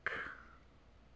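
A green plastic wing's tab is pushed into the slot underneath a toy dump truck and clicks into place with a sharp snap at 0.1 s. The snap rings briefly in the mid-high range and then fades into quiet background. The wing is seated.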